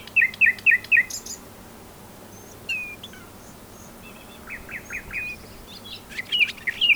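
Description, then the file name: Common nightingale song: four quick repeated whistled notes, a pause, scattered single whistles and buzzes, then a closing flurry of sharp high notes. "Luscinia megarhynchos"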